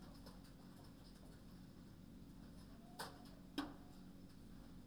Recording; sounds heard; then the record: poultry house recording; healthy chickens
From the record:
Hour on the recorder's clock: 20